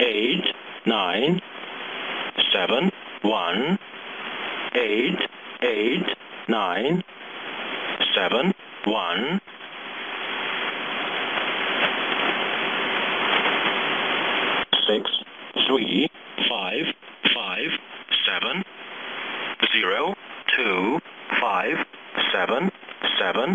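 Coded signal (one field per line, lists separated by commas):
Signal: numbers station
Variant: E07 English Man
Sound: a male voice reading digits in English in evenly spaced groups, with a burst of hiss midway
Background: radio static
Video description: This is a regularly scheduled transmission of Russian sourced, English language, numbers station ENIGMA ID E07, also called the "English Man".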